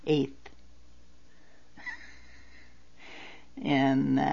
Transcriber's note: she laughs